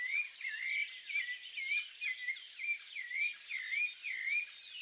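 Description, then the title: Birds singing, a clear swooping whistled note repeated about twice a second over softer chirping from other birds. Birds singing at dawn. "Pássaros Cantando No Amanhecer"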